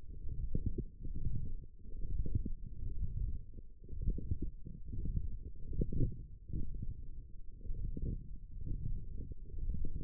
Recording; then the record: forearm muscle sounds (acoustic myography)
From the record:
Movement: forearm pronation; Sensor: system 1, eight BSWA MPA416 microphones around the upper forearm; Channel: 1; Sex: male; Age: 23 years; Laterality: right